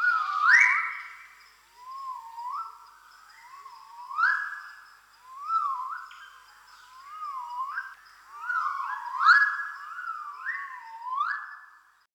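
Magnificent riflebird giving rising, ringing whistles in a series, phrases returning every couple of seconds.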